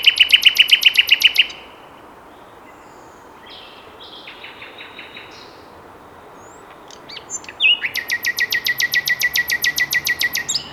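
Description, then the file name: Common nightingale song: a loud burst of rapid, evenly repeated harsh notes, a quiet pause with soft whistled phrases, then another long fast series of repeated notes. "Luscinia megarhynchos"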